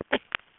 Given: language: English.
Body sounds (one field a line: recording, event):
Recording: throat vibration sensor signal played as sound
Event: cough